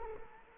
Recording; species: mosquito wingbeat signal from an infrared sensor; Culex quinquefasciatus